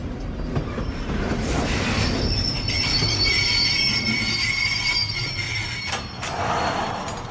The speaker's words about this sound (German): Immerhin schliefen wir ein, vom Rattertamm der Gleise gewiegt.